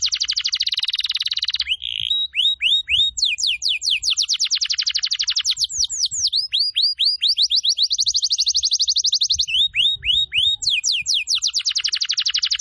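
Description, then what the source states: Canary singing continuously, alternating harsh buzzy rolls with runs of repeated swooping whistles and quick trills in changing tours. Canary song recording used as a lure to attract birds.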